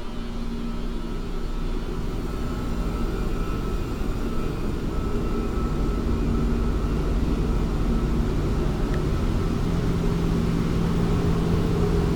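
Moving through a basement, a steady low rumble of machinery hum fills the space, with faint tonal whines holding throughout and growing slightly louder.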